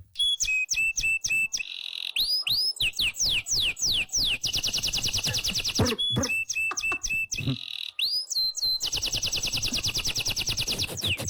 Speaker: Alors écoutez, je vous ai trouvé un canari qui essaye de rapper.